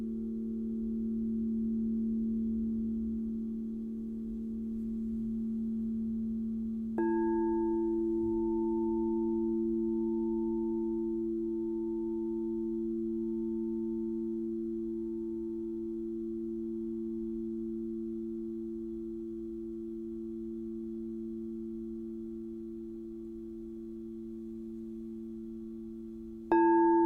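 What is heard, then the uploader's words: A crystal singing bowl hums with a steady low tone. Around seven seconds a second bowl is struck, adding a brighter, clear ring that slowly fades while the low drone sustains. Near the end another strike adds a fresh bright chime. I was guided to record 7 crystal singing bowl clips to each represents one of 7 sacred flames AKA 7 sacred rays.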